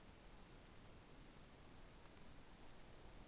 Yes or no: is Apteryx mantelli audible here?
no